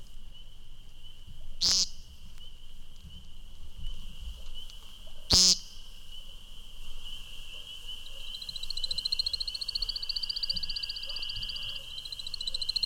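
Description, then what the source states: American woodcock giving two loud, sharp buzzy notes about four seconds apart over a steady high chorus of spring peepers, with faint twittering near the end. Eastern United States and Canada; calls at dusk in April and May amid spring peepers; loud peeping notes from the ground, then wing whistling and twittering during takeoff and circling courtship flight.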